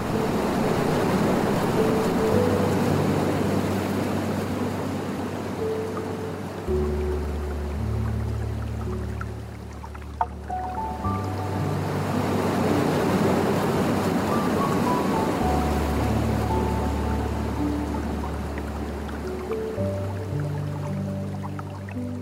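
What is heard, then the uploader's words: Soft piano plays slow, sustained notes over the steady rush and trickle of a water stream. Deep bass tones hold under a sparse melody higher up. The water stays constant throughout, dipping briefly quieter around the ten-second mark before returning. Tranquil Piano and Nature Sounds. Relaxing Piano Music and the gentle murmur of a Japanese Water Stream.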